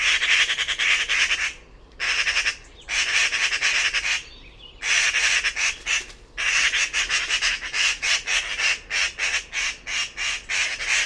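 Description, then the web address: Bird producing loud, rasping pulsed calls in long bursts, later breaking into shorter notes. "cianscape birddata Deverinetal"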